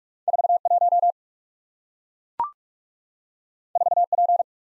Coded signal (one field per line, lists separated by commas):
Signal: Morse code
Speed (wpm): 44 wpm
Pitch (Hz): 700 Hz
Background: none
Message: 4 1 4 P